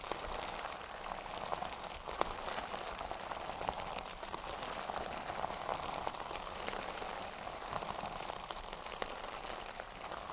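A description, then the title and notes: Metal scrubbers crunch and crinkle in a steady, dense stream of tiny crackles, with a few sharper snaps near two and four seconds. TimASMR-Metal Scrubbers Crunchy Crinkles, Rolling, and Squeezing Triggers (NO TALKING).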